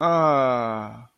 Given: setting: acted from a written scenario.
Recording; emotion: vocal sound without words; pride